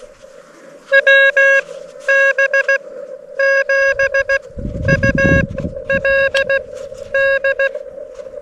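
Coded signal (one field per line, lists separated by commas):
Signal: Morse code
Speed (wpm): 18 wpm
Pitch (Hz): 1650 Hz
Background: none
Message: WB7ULD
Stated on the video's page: Summits on the Air activation of Bare Mountain using a KX2 with an AX1 antenna.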